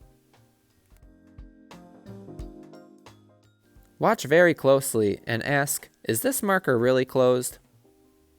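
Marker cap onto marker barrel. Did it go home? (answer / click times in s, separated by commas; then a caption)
no / none. A plastic cap is pushed onto a felt-tip marker barrel but not pressed fully home, so the cap has not clicked and the marker is not closed all the way, which could let it dry out. Faint taps and low sustained tones sound through the first four seconds. Then someone talks from about 4.0 to 7.6 s.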